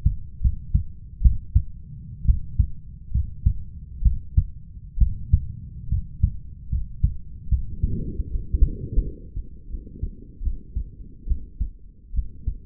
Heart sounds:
heart sounds by stethoscope; 72 bpm
0.41 s: heartbeat
1.21 s: heartbeat
2.25 s: heartbeat
3.11 s: heartbeat
4.02 s: heartbeat
4.98 s: heartbeat
5.88 s: heartbeat
6.69 s: heartbeat
7.48 s: heartbeat
8.30 s: heartbeat
9.02 s: heartbeat
9.69 s: heartbeat
10.42 s: heartbeat
11.27 s: heartbeat
12.14 s: heartbeat
From the record:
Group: healthy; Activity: cold pressor test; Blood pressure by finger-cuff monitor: 109/78 mmHg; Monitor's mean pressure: 85 mmHg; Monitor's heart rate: 76 bpm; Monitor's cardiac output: 5.9 L/min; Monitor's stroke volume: 72 mL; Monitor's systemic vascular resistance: 1050 dyn s/cm5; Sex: male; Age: 21 years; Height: 170 cm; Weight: 71 kg

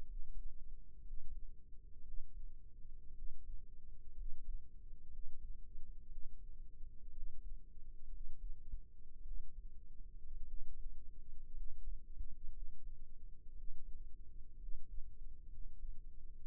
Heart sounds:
heart sounds by microphone in the right ear; 58 bpm
0.06 s: heartbeat
1.02 s: heartbeat
2.03 s: heartbeat
3.13 s: heartbeat
4.14 s: heartbeat
5.09 s: heartbeat
6.08 s: heartbeat
7.11 s: heartbeat
8.09 s: heartbeat
9.22 s: heartbeat
10.44 s: heartbeat
11.52 s: heartbeat
12.51 s: heartbeat
13.54 s: heartbeat
14.57 s: heartbeat
15.47 s: heartbeat
From the record:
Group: healthy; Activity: rest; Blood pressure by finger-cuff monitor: 102/66 mmHg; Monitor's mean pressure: 79 mmHg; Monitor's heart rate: 59 bpm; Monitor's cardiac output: 5.3 L/min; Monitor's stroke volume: 93 mL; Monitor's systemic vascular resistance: 1060 dyn s/cm5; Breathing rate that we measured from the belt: 16 breaths a minute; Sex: male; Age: 22 years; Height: 181 cm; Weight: 79 kg

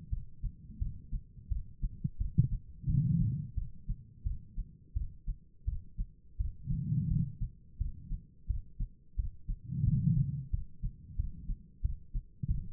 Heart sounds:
heart sounds by stethoscope; 87 bpm
0.10 s: heartbeat
0.79 s: heartbeat
1.49 s: heartbeat
2.18 s: heartbeat
2.87 s: heartbeat
3.55 s: heartbeat
4.24 s: heartbeat
4.94 s: heartbeat
5.65 s: heartbeat
6.37 s: heartbeat
7.08 s: heartbeat
7.78 s: heartbeat
8.47 s: heartbeat
9.16 s: heartbeat
9.84 s: heartbeat
10.50 s: heartbeat
11.16 s: heartbeat
11.82 s: heartbeat
12.47 s: heartbeat
From the record:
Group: healthy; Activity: rest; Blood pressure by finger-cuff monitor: 147/102 mmHg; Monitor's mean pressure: 117 mmHg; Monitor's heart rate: 87 bpm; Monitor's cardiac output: 5 L/min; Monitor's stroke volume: 58 mL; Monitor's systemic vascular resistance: 1700 dyn s/cm5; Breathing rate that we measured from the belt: 18 breaths a minute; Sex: female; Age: 51 years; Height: 162 cm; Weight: 70.04 kg

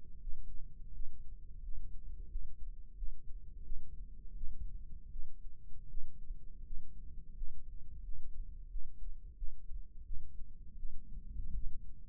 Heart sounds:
heart sounds by microphone in the left ear; 85 bpm
0.21 s: heartbeat
0.94 s: heartbeat
1.63 s: heartbeat
2.30 s: heartbeat
2.97 s: heartbeat
3.65 s: heartbeat
4.36 s: heartbeat
5.12 s: heartbeat
5.90 s: heartbeat
6.65 s: heartbeat
7.36 s: heartbeat
8.04 s: heartbeat
8.70 s: heartbeat
9.37 s: heartbeat
10.06 s: heartbeat
10.78 s: heartbeat
11.55 s: heartbeat
From the record:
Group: healthy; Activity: rest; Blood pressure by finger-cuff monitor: 145/66 mmHg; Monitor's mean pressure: 86 mmHg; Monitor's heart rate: 86 bpm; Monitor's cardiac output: 7.9 L/min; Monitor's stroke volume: 92 mL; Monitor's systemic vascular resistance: 790 dyn s/cm5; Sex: female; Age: 37 years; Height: 168 cm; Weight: 70 kg

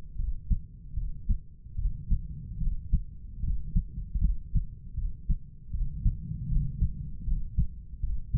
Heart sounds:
heart sounds by stethoscope; 77 bpm
0.19 s: heartbeat
0.97 s: heartbeat
1.79 s: heartbeat
2.62 s: heartbeat
3.44 s: heartbeat
4.23 s: heartbeat
4.98 s: heartbeat
5.74 s: heartbeat
6.52 s: heartbeat
7.28 s: heartbeat
8.03 s: heartbeat
From the record:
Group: healthy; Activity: cold pressor test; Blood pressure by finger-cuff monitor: 154/106 mmHg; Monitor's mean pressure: 119 mmHg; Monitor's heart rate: 78 bpm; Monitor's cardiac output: 7.7 L/min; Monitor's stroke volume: 101 mL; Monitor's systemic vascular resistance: 1150 dyn s/cm5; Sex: male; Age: 30 years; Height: 188 cm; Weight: 110.2 kg

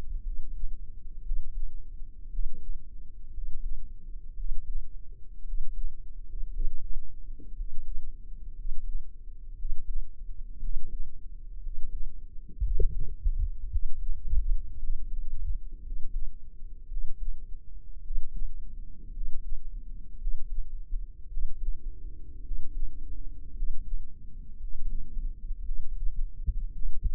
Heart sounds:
heart sounds by microphone in the right ear; 57 bpm
0.20 s: heartbeat
1.20 s: heartbeat
2.27 s: heartbeat
3.30 s: heartbeat
4.33 s: heartbeat
5.42 s: heartbeat
6.48 s: heartbeat
7.53 s: heartbeat
8.52 s: heartbeat
9.53 s: heartbeat
10.58 s: heartbeat
11.58 s: heartbeat
12.59 s: heartbeat
13.66 s: heartbeat
14.76 s: heartbeat
15.79 s: heartbeat
16.85 s: heartbeat
17.99 s: heartbeat
19.09 s: heartbeat
20.14 s: heartbeat
21.25 s: heartbeat
22.39 s: heartbeat
23.50 s: heartbeat
24.55 s: heartbeat
25.60 s: heartbeat
26.69 s: heartbeat
From the record:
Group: healthy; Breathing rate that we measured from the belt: 14 breaths a minute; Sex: male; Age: 23 years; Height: 178 cm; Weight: 96.6 kg

